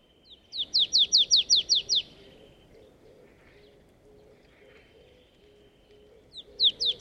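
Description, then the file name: Marsh tit giving a rapid string of bright downslurred chip notes, a pause, then a few more chips at the end. "Poecile palustris"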